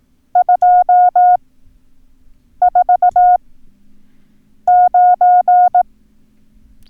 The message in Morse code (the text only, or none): 249